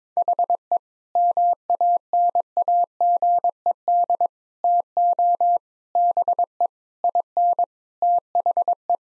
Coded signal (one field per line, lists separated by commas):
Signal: Morse code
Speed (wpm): 22 wpm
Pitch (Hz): 700 Hz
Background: none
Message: HE MANAGED TO BE IN THE